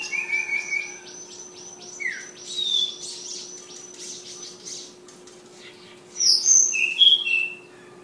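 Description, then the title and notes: Flowerpecker song: a fast, buzzy, rattling series of high notes, then a brief pause and a clear phrase of sharp, thin whistles. Tledekan, also called sulingan, named Ababil, from Kudus. "Tledekan/Sulingan ABABIL. Suara Burung Tledekan Ababil dari Kudus"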